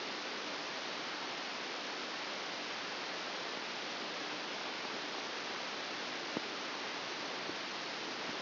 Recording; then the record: brain microelectrode recording played as sound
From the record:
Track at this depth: inside the subthalamic nucleus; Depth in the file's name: 5.263 mm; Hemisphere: left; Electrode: 2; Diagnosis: Parkinson's disease